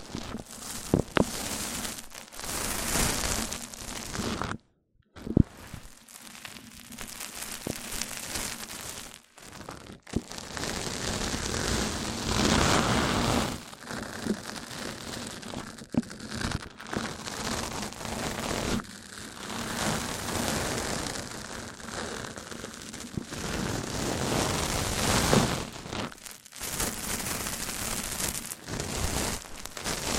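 Mic-on-mic triggers: dense, crackly rubbing and scratching that surges and fades in uneven sweeps, like rain on a surface. The rubbing cuts out briefly near 5 and 10 seconds, with shorter breaks later, while a faint low hum runs underneath.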